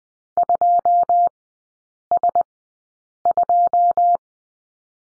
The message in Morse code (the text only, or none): 2S2